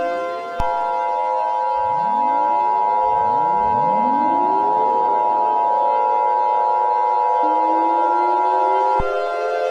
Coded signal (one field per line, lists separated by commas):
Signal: Emergency Alert System (SAME) tones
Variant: 853 and 960 Hz attention tone